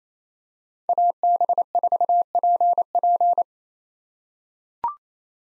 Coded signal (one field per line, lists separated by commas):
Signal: Morse code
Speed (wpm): 28 wpm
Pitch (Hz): 700 Hz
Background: none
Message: AB4PP